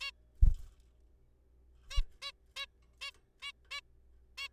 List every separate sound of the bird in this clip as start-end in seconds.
0.01-0.10, 1.91-2.01, 2.22-2.31, 2.56-2.65, 3.02-3.11, 3.42-3.51, 3.71-3.80, 4.38-4.48